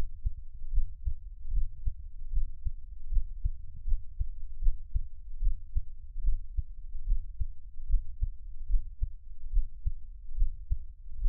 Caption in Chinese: 台灣ASMR | 獻上我的心跳 | Give my Heartbeat | NO Talking。